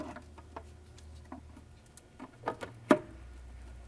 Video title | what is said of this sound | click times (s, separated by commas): BMW N55 Oil Pan Gasket Replacement DIY (2010-2013 BMW E82/E88 135i, 135is) | heard it click | 2.9 s